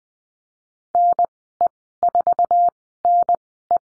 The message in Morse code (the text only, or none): NE4NE